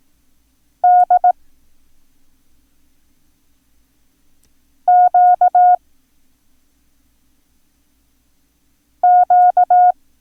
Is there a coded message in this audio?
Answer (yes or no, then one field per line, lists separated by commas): yes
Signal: Morse code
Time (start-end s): 0.8-9.9 s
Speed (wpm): 18 wpm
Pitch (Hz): 720 Hz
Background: none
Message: D Q Q